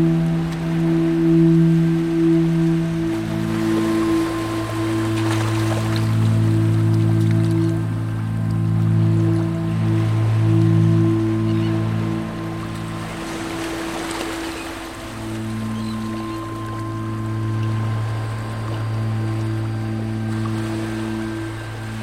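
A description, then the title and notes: Sea waves wash softly beneath slow, sleeping music made of deep, sustained organ-like tones that shift gently from chord to chord. The music thins briefly around 13 to 15 seconds. A soft hiss of water swells faintly near 5 and 14 seconds. Relaxing sea waves sounds with 432 Hz sleeping music for deep sleeping.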